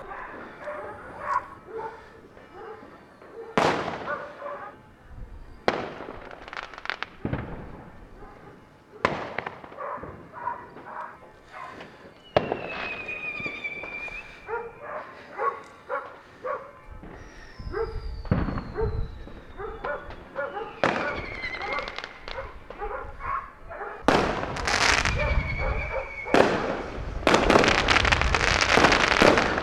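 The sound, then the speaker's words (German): Repeated sharp bangs and crackling bursts of fireworks and firecrackers set off outside on New Year's Eve 2021 into New Year 2022, some with rising whistles, building to a dense, continuous crackle toward the end, with a dog barking now and then. “Böller wird ja nicht verkauft, aber ja, gekauft haben sie ja noch viel oder Restbestände.”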